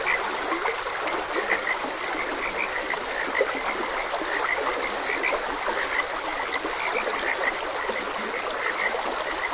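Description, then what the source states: Frogs call together in a busy stream of short croaks and chirps, layered over constant running water. Frogs croaking beside a gentle stream.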